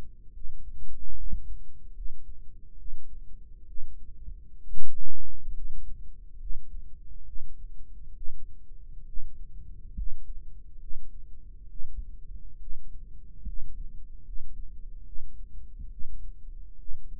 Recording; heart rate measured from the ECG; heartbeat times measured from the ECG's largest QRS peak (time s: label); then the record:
heart sounds by microphone in the right ear; 69 bpm
0.33 s: heartbeat
1.15 s: heartbeat
1.93 s: heartbeat
2.77 s: heartbeat
3.66 s: heartbeat
4.60 s: heartbeat
5.53 s: heartbeat
6.38 s: heartbeat
7.25 s: heartbeat
8.14 s: heartbeat
9.05 s: heartbeat
9.94 s: heartbeat
10.79 s: heartbeat
11.68 s: heartbeat
12.59 s: heartbeat
13.44 s: heartbeat
14.24 s: heartbeat
15.04 s: heartbeat
15.89 s: heartbeat
16.77 s: heartbeat
From the record:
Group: healthy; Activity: rest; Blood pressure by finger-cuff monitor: 116/61 mmHg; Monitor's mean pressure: 77 mmHg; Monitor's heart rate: 71 bpm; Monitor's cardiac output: 6.6 L/min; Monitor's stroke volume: 92 mL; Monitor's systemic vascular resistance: 840 dyn s/cm5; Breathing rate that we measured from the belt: 15 breaths a minute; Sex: female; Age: 22 years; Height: 160 cm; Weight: 63 kg